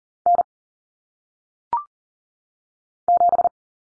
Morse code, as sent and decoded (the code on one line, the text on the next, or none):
-. / --...
N 7